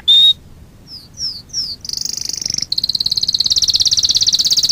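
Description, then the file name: Canary song: a pure whistled note, a pause, three quick downslurred notes, then fast buzzy trills that roll on steadily at a high pitch. Fife canary breed. "kenari-fife-v 2-omkicau"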